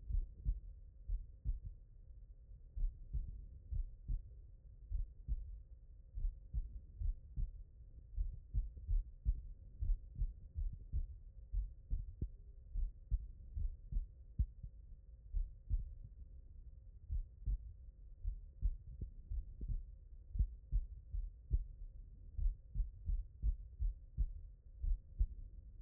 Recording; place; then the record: heart sounds by stethoscope; tricuspid valve (TV)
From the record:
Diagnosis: non-HFrEF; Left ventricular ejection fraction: 53%